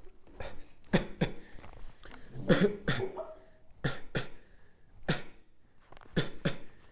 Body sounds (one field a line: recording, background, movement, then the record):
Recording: voluntary coughing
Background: a bystander coughing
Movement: sitting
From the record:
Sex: male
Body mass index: 23.7 kg/m2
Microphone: on the chest, facing outward